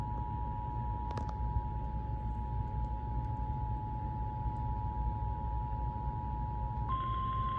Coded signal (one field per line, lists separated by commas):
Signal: Emergency Alert System (SAME) tones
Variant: 853 and 960 Hz attention tone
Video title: (EAS #2,955 - #2,965) AN UNWANTED BIRTHDAY PARTY GUEST - EAS Alerts from 5/30/26 - 6/1/26